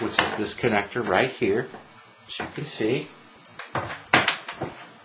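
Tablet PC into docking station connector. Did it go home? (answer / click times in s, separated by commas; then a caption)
yes / 4.1 s. A Fujitsu P1610 tablet PC is pressed down onto the connector of its small plastic docking station, which has a release button, while someone talks. A sharp snap at 4.1 s marks the tablet seating in the dock, followed by a couple of lighter clicks.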